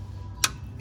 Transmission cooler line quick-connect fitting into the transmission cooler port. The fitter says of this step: Now pop in line 1, that was, you could feel the retaining clip pop into place.